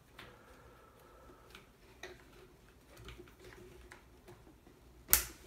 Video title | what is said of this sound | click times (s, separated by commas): Traxxas Slash 2WD Broken Rear Bearing Carrier Replacement, Applies to Stampede, Rustler, and Bandit | we go snaps into place with the click | 5.1 s